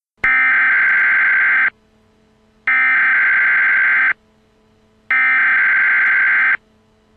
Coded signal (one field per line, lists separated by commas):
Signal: Emergency Alert System (SAME) tones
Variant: header bursts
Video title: EAS: Required Monthly Test for June